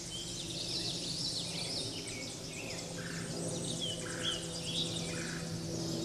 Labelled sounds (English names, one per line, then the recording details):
Common Yellowthroat song
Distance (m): 30 m
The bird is about level with the microphone
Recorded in a Pennsylvania forest on 16 May 2024 at 08:05
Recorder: AudioMoth, point MSD-0407
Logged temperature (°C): 15.8 °C
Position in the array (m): 57 m, 145 m